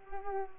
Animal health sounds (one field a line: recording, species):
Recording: mosquito wingbeat signal from an infrared sensor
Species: Culex pipiens